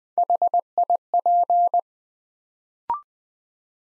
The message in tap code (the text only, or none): none